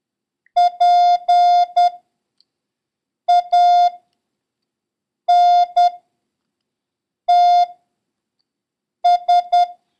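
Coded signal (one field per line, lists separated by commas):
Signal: Morse code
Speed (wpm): 10 wpm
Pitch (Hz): 710 Hz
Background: none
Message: PANTS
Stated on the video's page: Morse code lesson covering letters P, C and Q and the number 3, with a random run drill.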